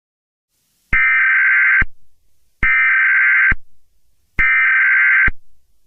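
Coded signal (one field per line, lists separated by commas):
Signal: Emergency Alert System (SAME) tones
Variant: header bursts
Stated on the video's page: Simulated EAS scenario about a Chinese-American war, a reupload.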